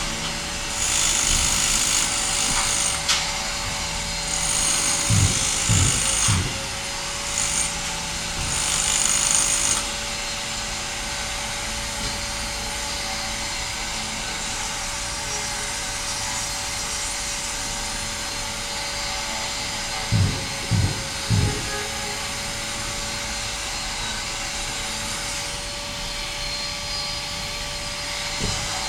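Renovation work on a footbridge, with a steady mechanical hum running throughout and a faint constant tone. Clusters of sharp knocks and bangs come around 5–6 seconds and again near 20–21 seconds, while a bright hiss rises during the first ten seconds.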